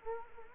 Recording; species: mosquito wingbeat signal from an infrared sensor; Anopheles arabiensis